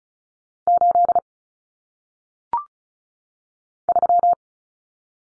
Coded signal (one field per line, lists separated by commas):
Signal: Morse code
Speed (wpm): 36 wpm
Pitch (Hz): 700 Hz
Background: none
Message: 8 3